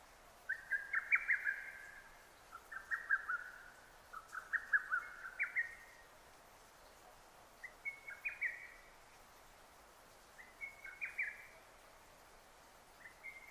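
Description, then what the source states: Lesser cuckoo singing loud, rapid phrases of shrill notes, later phrases quieter and shorter, repeated every two to three seconds. Recorded 6 June 2009.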